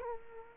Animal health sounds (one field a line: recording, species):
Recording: mosquito wingbeat signal from an infrared sensor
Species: Culex quinquefasciatus